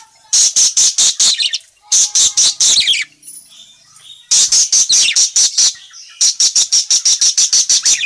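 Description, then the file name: Parakeet calling: fast, evenly spaced trains of shrill chirps in four bursts separated by short quiet breaks. Calling parakeet, described as gacor, meaning in full, lively voice. "suara burung parkit gacor memanggil"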